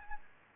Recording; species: mosquito wingbeat signal from an infrared sensor; Anopheles gambiae